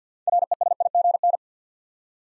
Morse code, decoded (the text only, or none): RESIGN